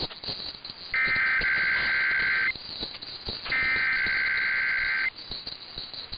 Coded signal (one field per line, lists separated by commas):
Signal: Emergency Alert System (SAME) tones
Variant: header bursts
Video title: [EAS #2062-#2066] Sunday & MLK Day RWTs